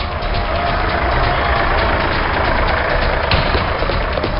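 A truck carrying poachers races across the steppe, its engine roaring steadily at full speed, a loud, continuous low rumble with a rough mechanical drone and no pauses or voices.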